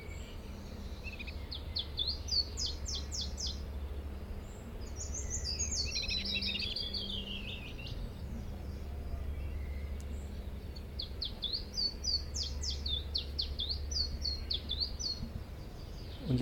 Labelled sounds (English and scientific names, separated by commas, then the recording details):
Willow Warbler (Phylloscopus trochilus)
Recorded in captivity
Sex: male
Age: adult
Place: Volierenanlage, Zoologisches Institut Universität Tübingen, Baden-Württemberg, DE
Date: 1964-05-26
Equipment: Nagra III PH, kleiner englischer Parabolspiegel, LGS26
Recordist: Schneider, Hans-Joachim